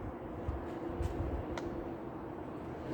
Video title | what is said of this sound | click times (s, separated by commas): Mantenimiento Motor fuera de borda Yamaha F-150 HP 4T Aceites Filtro y Ánodos Superficiales | Được rồi. Cho đến khi nghe tiếng tách. | 1.6 s